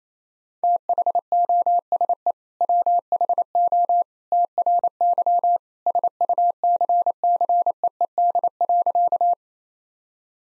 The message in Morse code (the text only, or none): THOSE WHO TRY SUCCEED.